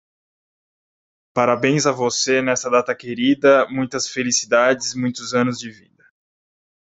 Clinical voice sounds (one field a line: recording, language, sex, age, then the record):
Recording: short text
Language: Brazilian Portuguese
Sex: male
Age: 20 to 29 years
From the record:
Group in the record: control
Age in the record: 29 years